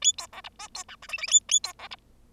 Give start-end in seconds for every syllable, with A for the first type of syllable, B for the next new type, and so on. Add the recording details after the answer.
0.01-0.13 A, 0.18-0.27 B, 0.33-0.41 C, 0.44-0.49 D, 0.59-0.68 E, 0.74-0.84 B, 0.88-0.96 F, 1.02-1.07 G, 1.08-1.17 H, 1.18-1.27 H, 1.27-1.40 A, 1.49-1.60 A, 1.63-1.73 B, 1.79-1.88 C, 1.91-1.96 D. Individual Bird0